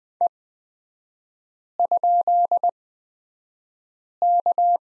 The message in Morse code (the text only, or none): E?K